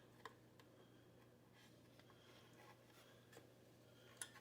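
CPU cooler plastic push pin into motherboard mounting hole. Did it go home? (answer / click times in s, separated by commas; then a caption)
no / none. A rotated plastic CPU cooler push pin is pressed into a motherboard mounting hole on a Gigabyte Z490M Gaming X board during an upgrade from a Celeron to an i3-10320. Only a steady low hum and a few brief faint ticks at about 0.3, 0.6 and 4.2 seconds are heard. Nothing has clicked or seated yet, and the pin is left out of position.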